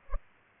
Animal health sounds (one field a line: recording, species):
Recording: mosquito wingbeat signal from an infrared sensor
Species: Culex pipiens